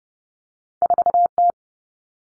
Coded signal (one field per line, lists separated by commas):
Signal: Morse code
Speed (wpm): 30 wpm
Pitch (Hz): 700 Hz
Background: none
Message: 4T